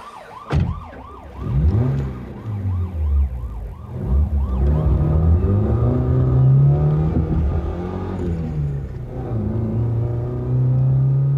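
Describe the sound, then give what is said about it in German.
A car engine revs hard and accelerates on an open road as the driver presses the pedal hard to catch another car, its loud droning pitch climbing in several surges as gears shift, while a wailing siren rises and falls over the first few seconds. “Ich drückte kräftig aufs Pedal.”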